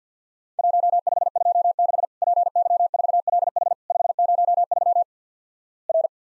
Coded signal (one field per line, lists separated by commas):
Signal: Morse code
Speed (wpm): 50 wpm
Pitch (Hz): 700 Hz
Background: none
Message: 1526 PY4LH 503 R